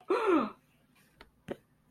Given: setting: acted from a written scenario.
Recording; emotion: vocal sound without words; fear